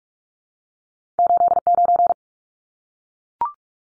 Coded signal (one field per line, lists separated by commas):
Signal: Morse code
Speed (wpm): 44 wpm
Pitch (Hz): 700 Hz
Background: none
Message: 89